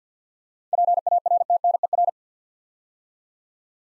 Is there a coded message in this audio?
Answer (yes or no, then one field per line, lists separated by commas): yes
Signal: Morse code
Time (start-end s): 0.7-2.1 s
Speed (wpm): 51 wpm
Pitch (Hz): 700 Hz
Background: none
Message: PARTNER